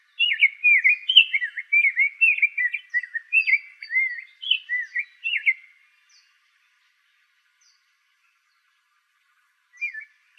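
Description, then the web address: Rose-breasted grosbeak song: about six seconds of continuous sweet, robin-like whistled warbling with quick up-and-down notes, then silence and one short closing phrase. Recorded in Arizona on 4 June 2026. "Grosbeaks Buntings RBGR"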